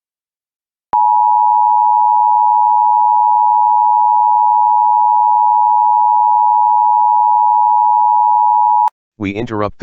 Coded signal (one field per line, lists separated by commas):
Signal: Emergency Alert System (SAME) tones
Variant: 853 and 960 Hz attention tone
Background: speech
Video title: EAS Child Abduction Emergency (AMBER Alert) Springfield, Ohio (Clark County)